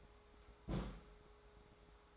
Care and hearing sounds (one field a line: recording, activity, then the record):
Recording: daily activity, microphone in the room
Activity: place on stove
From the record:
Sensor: 3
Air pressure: 1010.3 hPa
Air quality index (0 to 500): 166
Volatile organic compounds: 9 ppm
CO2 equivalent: 2173 ppm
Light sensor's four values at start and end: 50/123/54/60 and 49/122/54/60